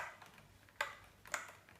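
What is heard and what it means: A magnetic/clip visor is handled and pressed into place at several points on a Rudy Project Wing57 aero helmet, making sharp ticks at about 0.8 s and 1.3 s over a quiet background. Nothing has seated or clicked home yet.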